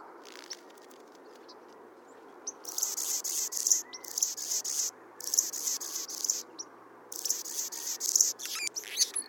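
Anna's hummingbird song: scratchy, buzzy, very high phrases in bursts, starting after a quiet opening and continuing in runs separated by brief pauses.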